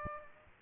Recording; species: mosquito wingbeat signal from an infrared sensor; Aedes aegypti